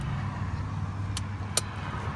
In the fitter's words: hear it click